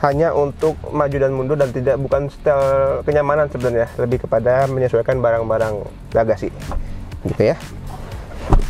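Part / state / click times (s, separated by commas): rear seat backrest latch into its seat-frame lock / seated / 8.5 s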